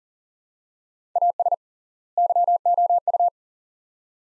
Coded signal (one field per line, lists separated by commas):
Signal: Morse code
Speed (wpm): 39 wpm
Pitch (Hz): 700 Hz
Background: none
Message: AS YOU